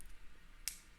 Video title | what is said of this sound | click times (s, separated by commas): Inforce WMLx IR/White Flashlight Review (Low Cost IR Weapon Light) | it's held in it looks like with detents you can see on the back end it kind of pops out before it snaps back in | 0.7 s